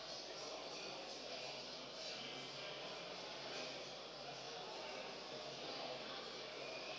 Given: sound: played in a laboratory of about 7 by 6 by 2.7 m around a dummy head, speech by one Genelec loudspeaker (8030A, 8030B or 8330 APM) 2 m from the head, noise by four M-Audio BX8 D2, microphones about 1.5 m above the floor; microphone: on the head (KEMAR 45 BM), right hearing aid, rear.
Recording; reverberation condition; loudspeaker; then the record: cafeteria noise; high; four, about 170 cm from the corners of the room and facing them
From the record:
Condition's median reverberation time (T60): about 1300 ms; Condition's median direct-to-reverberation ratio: about -4.0 dB